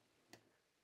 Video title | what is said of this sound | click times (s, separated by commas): 2022 Fendt Bianco Selection 550 SKM - Caravan - Test & Kaufberatung - Camperland Bong | Schaut mal, immer wenn es klackt, ist es in einer Position eingerastet. | 0.3 s